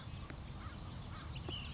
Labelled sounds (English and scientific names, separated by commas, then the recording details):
Ash-throated Flycatcher (Myiarchus cinerascens)
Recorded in Sonoma County, California